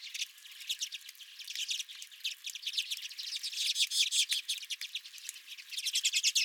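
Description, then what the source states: Redpoll flock chatter, quick dry chit notes running together in fast series, growing louder and busier toward the end. Several redpolls at the recordist's feeder.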